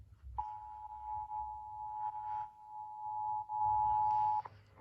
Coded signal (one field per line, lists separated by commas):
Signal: Emergency Alert System (SAME) tones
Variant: 853 and 960 Hz attention tone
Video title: Tornado Warning EAS#354